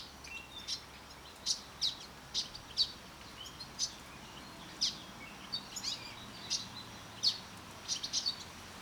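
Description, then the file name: Eurasian blackcap calls, dry hard ticking clicks given singly or in pairs at uneven intervals over a soft steady background hiss. "Sylvia atricapilla"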